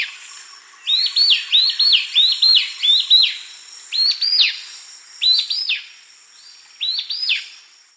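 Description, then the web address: Dot-backed antbird calling: high, paired rising-then-falling notes, first a rapid run of several, then three spaced pairs. South America. "Natures Songs S America Dot-Backed Antbird"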